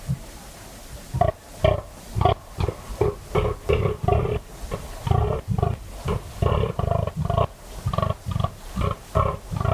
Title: Sound Escape. the eerie and dramatic fallow deer rut on a dark Dorset night